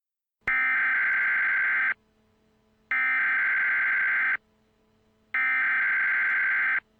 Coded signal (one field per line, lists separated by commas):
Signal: Emergency Alert System (SAME) tones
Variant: header bursts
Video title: EAS Scenario - Economic Riot